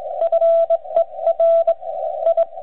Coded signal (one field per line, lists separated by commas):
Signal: Morse code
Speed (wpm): 21 wpm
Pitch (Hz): 660 Hz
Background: radio noise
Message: FER I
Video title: OLD TIMERS' CW PRACTICE - BUGS AND STRAIGHT KEYS